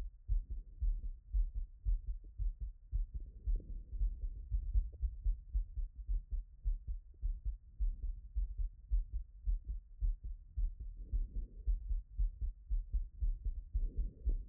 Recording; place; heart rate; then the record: heart sounds by stethoscope; Erb's point; 111 bpm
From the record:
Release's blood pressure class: elevated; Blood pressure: 123/78 mmHg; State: after exercise